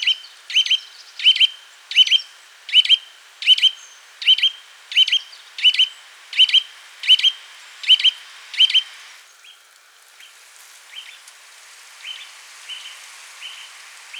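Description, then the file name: Eurasian nuthatch giving a rapid series of loud, sharp 'twit' calls about every 0.7 seconds, then softer, fainter notes continuing after a short pause. "Sitta europaea"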